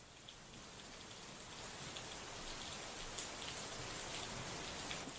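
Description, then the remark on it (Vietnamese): Heavy rain pours down at night over a village in a steady, dense hiss, with scattered sharper drops pattering through the constant wash of noise, and no voices. “Người làng cũng không biết mô tê ra sao, chỉ biết rằng đêm hôm ấy trời tự nhiên đổ mưa to, mưa dữ tợn lắm.”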